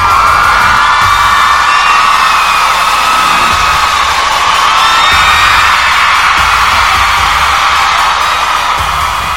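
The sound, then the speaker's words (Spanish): A loud crowd ovation with sustained cheering, high whoops and shouts rising above a dense wash of applause, steady and continuous throughout with no talking. “Wow, no, pues ovación de comentario.”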